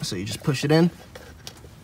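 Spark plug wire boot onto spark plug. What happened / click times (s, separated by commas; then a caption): The rubber boot snapped onto the plug terminal / 1.5 s. Someone talks while a rubber spark plug wire boot is pushed back onto the spark plug of an 80 Series Land Cruiser engine after it was accidentally unplugged. A single sharp click is heard at 1.5 s as the boot seats onto the plug.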